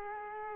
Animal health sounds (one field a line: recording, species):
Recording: mosquito wingbeat signal from an infrared sensor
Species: Culex quinquefasciatus